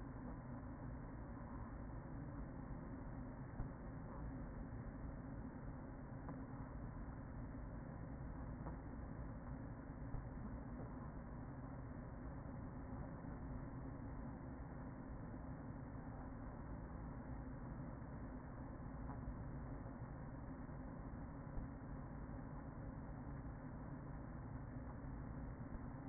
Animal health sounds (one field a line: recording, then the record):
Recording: honeybee colony, microphone inside the hive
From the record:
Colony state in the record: queen present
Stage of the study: after two queens were removed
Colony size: about 40,000 bees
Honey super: no